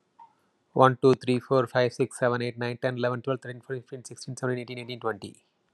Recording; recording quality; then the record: counting at a fast pace; excellent, no background noise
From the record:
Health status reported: healthy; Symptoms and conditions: none ticked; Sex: male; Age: 50 years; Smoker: not ticked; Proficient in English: yes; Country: United States